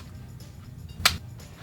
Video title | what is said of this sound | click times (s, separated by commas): Akeeni XSTO carries like a champ, add to your collection! | the click means that it's ins that it's secured inside the wallet there we go | 1.1 s